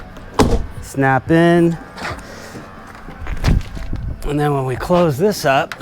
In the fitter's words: you can hear it snap in snap in